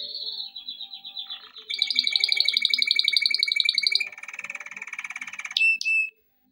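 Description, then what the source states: Canary-like song of fast trilled tours, a louder pulsing trill in the middle, then two short whistled notes before quiet. Canary song intended for training.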